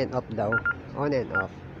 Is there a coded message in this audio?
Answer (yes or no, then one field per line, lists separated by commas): no